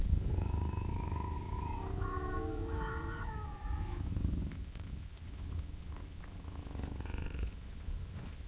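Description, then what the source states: Cat making a run of warbling, overlapping meows for several seconds, then a low purring rumble with a faint meow later. Cat gently meowing and purring at long intervals.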